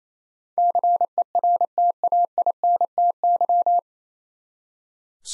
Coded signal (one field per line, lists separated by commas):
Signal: Morse code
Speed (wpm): 28 wpm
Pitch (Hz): 700 Hz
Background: none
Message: CERTAINTY